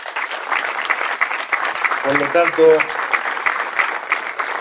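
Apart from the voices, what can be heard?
audience applause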